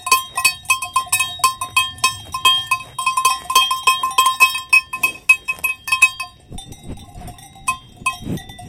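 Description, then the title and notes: Cows feeding with bells clanking rapidly and irregularly, then the bells thin out and low thuds follow. Cows feeding with clanking cow bells in Valle Pramper, Dolomites. "The curious cows of Valle Pramper. Recorded by Cities and Memory"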